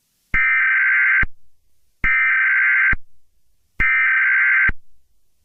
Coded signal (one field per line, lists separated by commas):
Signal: Emergency Alert System (SAME) tones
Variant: header bursts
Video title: Eas Scenario 001 - Attack on the twin towers of 2001